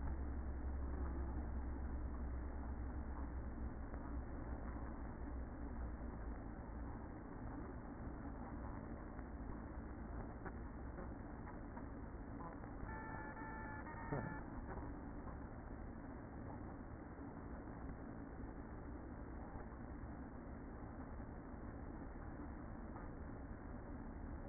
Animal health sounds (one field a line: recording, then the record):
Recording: honeybee colony, microphone inside the hive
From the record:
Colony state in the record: queen present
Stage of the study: after two queens were removed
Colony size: about 60,000 bees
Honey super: yes